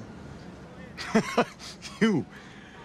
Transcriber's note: soundbite of laughter